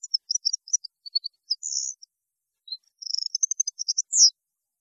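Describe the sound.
European goldfinch singing a fast, bright twitter of high tinkling notes mixed with short buzzy trills, with a short pause midway.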